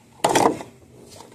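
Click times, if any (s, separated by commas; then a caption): 0.2 s. A cartridge oil filter element for a Dodge Challenger is pushed into the plastic filter housing cap, where the O-ring has been fitted, and clicks into place at 0.2 s. The click is followed by a short burst of plastic rattling and scraping that fades by about 0.6 s. The element is confirmed seated in the cap.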